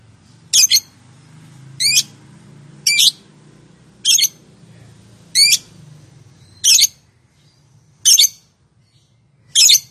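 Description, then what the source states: Lovebird producing harsh rasping squawks repeated roughly every second, over a steady low hum. Calling style named konslet.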